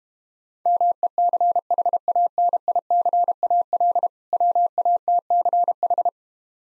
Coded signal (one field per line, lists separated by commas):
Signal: Morse code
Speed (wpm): 31 wpm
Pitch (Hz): 700 Hz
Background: none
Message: MECHANICAL WATCH